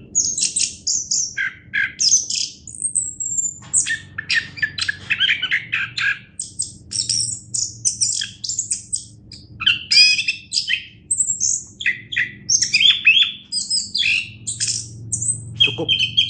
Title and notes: Anis Kembang Juara Nasional. kicau anis kembang